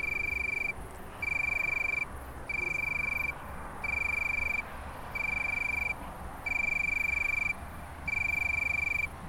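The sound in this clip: Tree cricket trilling in regular bursts of roughly one second with short gaps between, steady pure tone over soft background noise.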